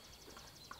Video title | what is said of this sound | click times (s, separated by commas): Honda Trimmer, Brushcutter Air Filter Cleaning - Honda GX35, GX25 Air Filter | You should hear a positive snap when it snaps into place. | 0.7 s